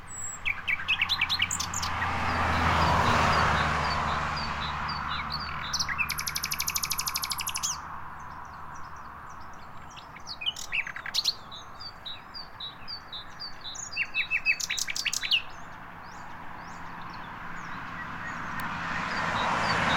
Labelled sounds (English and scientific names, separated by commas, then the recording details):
Common Nightingale (Luscinia megarhynchos) song
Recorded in the wild
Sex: diverse
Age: adult
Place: Bernau bei Berlin, Barnim, Brandenburg, DE
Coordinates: 52.6572, 13.6149
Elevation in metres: 88
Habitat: hedge
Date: 2018-04-22
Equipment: Olympus DM 720
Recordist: Frommolt, Karl-Heinz